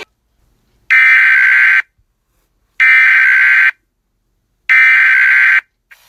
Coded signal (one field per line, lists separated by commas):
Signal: Emergency Alert System (SAME) tones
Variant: header bursts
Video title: EAS CHILD ABDUCTION EMERGENCY 12/15/20